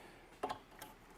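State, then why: Not seated. A whip light is handled and placed onto its mount on a Mark One electric drift trike, with a sharp handling tap at about 0.4 s and a fainter one near 0.8 s over a quiet background. The light has not clicked or seated on the mount yet.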